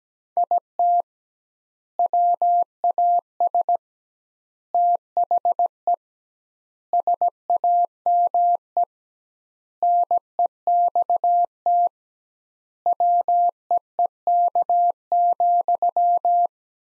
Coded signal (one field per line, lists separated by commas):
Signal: Morse code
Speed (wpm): 17 wpm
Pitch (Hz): 700 Hz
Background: none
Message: IT WAS THE SAME NEXT WEEK,